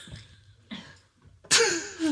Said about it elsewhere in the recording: I have something called distant cough. I'm coughing, but it really sounds like it's from a distance because it comes from deep down in the esophagus, in the larynx, and it's not anything dangerous. It will go away. It's treatable just with any cough drop.